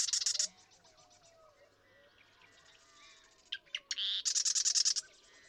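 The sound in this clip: Marsh Wren song: end of one rattling trill, a pause, then ticking notes and a loud reeling, buzzy trill.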